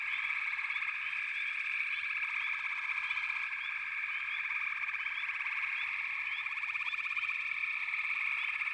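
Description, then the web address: Massed frogs calling, a continuous buzzing chorus of rapid pulses with occasional rising chirps layered above. A chorus of frogs calling together. "The Natural Sounds of the Wilderness. Echoes of Nature - Frog Chorus"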